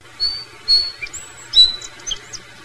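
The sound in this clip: Song sparrow calls: several thin, high, very short notes scattered over under three seconds.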